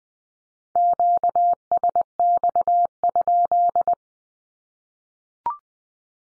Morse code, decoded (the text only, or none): QSX?